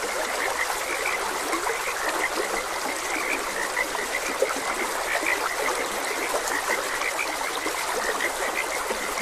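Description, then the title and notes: Frogs croaking in a dense chorus, short bright notes near the top of the mix repeating constantly, over a steady rushing hiss of flowing water. Frogs croaking beside a gentle stream. "Gentle Stream and Frogs Croaking - Calming Sounds of Nature. Sleep and Relaxation Podcast"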